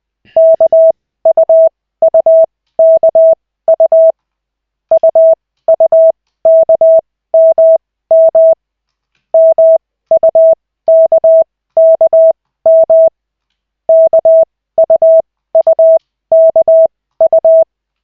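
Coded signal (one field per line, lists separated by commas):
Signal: Morse code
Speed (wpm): 20 wpm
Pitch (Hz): 650 Hz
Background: none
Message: KUUKU UUKMM MUKKM KUUKU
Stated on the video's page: Koch method Morse practice session from the LCWO.net website, two characters at the start.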